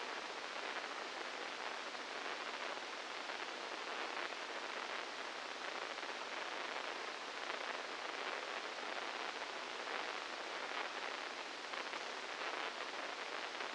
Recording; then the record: brain microelectrode recording played as sound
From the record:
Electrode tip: inside the subthalamic nucleus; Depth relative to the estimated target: -4 mm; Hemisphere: left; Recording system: NeuroSet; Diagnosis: Parkinson's disease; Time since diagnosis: 15 years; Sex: female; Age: 59 years